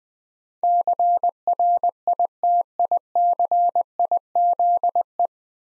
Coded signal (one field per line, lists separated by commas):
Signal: Morse code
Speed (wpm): 21 wpm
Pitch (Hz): 700 Hz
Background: none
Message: CRITICIZE